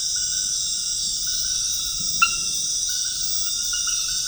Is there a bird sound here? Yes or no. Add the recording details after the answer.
no. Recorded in dense forest near Puerto Asís, Putumayo, Colombia, on 13 March 2025 at 21:30. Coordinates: 0.484, -76.325. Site G045